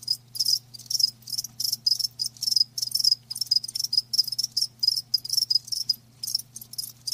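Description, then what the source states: Crickets give rapid, high-pitched chirps in quick succession over a faint low steady hum. Live crickets chirping, a lulling song.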